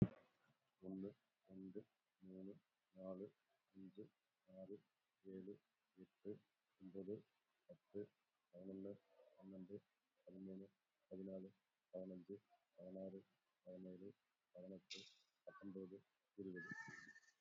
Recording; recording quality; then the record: counting at a normal pace; excellent, no background noise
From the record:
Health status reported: COVID-19 positive, moderate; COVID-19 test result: positive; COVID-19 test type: RT-PCR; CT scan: not taken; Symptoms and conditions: cold, sore throat, loss of smell and taste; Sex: male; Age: 45 years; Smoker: yes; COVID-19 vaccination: one dose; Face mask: worn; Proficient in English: yes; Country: India